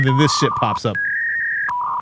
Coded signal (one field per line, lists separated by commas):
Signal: fax machine handshake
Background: speech